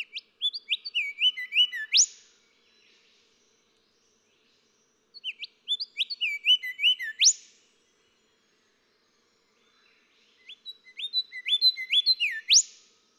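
Golden whistler song phrases, each a run of rising whistled notes climaxing in a sharp upswept crack, repeated three times about every five seconds with quiet gaps.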